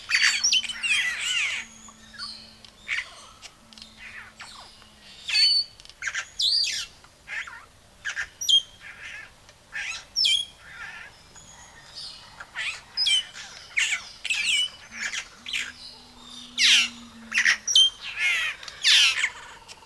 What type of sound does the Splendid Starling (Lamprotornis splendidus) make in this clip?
song